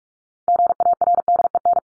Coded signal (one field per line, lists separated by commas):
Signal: Morse code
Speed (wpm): 44 wpm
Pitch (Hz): 700 Hz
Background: none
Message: GARDEN